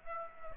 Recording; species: mosquito wingbeat signal from an infrared sensor; Aedes aegypti